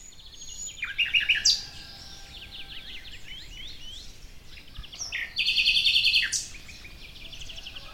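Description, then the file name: Common nightingale song with a quick chirping run, then a loud sustained buzzy trill. "Luscinia megarhynchos"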